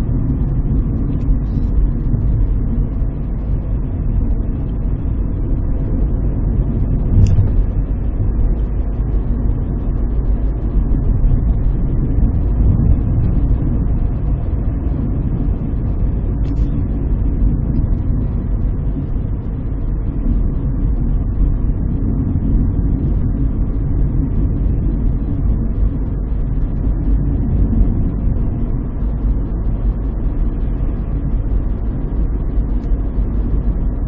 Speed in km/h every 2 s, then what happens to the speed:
55, 57, 57, 57, 57, 59, 59, 60, 57, 56, 55, 55, 55, 56, 57, 58, 58.
0-34 steady at about 57.